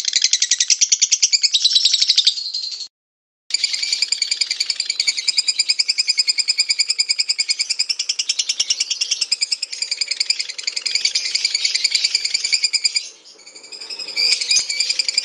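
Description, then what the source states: Lovebird chattering call: a long, fast, buzzy run of high pulsed notes, broken by a brief silence near three seconds, then resuming steadily. Lutino lovebird; ngekek chattering call, used for training.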